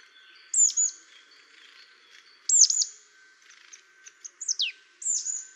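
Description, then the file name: Marsh tit giving sharp, high calls in short phrases of two or three descending notes, repeated about every two seconds. "Poecile palustris"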